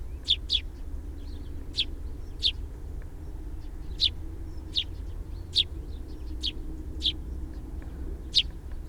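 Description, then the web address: Sparrow calls: bright clipped chirps, sometimes doubled, repeating at uneven intervals of about a second against low background hum. "fugl s-spurv"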